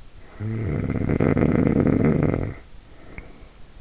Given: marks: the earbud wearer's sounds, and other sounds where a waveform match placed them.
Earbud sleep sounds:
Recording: sounds in sleep by an in-ear microphone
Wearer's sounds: snoring breath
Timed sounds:
0.24-3.72 s: snoring breath

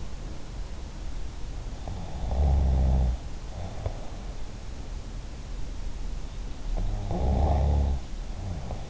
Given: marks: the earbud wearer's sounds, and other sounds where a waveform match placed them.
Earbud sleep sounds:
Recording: sounds in sleep by an in-ear microphone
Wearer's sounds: snoring breath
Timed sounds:
2.08-3.97 s: snoring breath
6.85-8.90 s: snoring breath

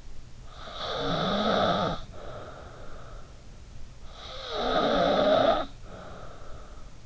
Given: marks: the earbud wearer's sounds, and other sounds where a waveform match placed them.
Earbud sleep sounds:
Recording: sounds in sleep by an in-ear microphone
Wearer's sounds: snoring breath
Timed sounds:
0.35-3.21 s: snoring breath
3.95-7.04 s: snoring breath

